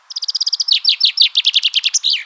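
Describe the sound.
Common chaffinch song: a rapid trill of high repeated notes that slows into a series of descending slurred notes and ends with a brief flourish.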